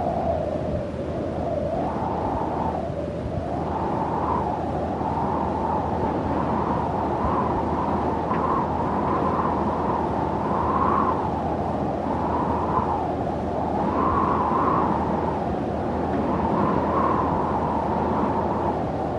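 Warm desert wind blows steadily, a dense low rushing roar that fills the whole clip without pause. Its upper edge rises and falls in slow swells every few seconds, like gusts pushing through, while the overall loudness stays nearly even.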